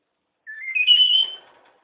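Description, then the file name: Red-fronted parrot giving one clear whistle that climbs in steps, then holds a steady high note before fading, with a faint rough undertone at the end. Pet parrot. "kongolezskii popugai liza"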